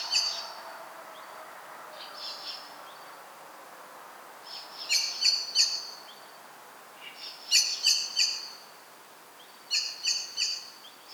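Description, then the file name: Common blackbird uttering bursts of three or four abrupt chink notes, the runs repeating every two to three seconds, with soft faint notes at the start. "Turdus merula"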